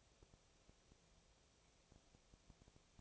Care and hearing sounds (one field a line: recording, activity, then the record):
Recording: daily activity, microphone in the room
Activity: no activity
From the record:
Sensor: 1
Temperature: 19.6 degrees Celsius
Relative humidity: 36.4%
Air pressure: 997.0 hPa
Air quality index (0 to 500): 204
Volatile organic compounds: 127 ppm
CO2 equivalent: 3912 ppm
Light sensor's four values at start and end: 1/2/1/1 and 1/2/1/1